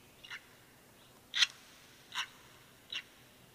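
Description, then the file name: Red-rumped swallow calls: four brief, clipped chirps spaced well apart, the second the loudest, over a quiet hissy background. "Rondine Rossiccia"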